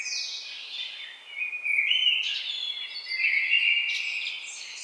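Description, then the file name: Common blackbird singing continuous flowing fluted phrases, sliding between lower warbles and high thin squeaky notes throughout. "Turdus merula"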